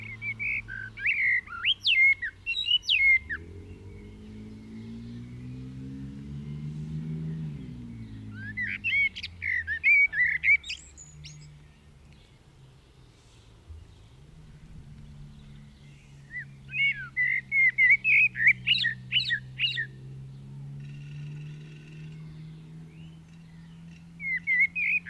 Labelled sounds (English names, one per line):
Common Blackbird song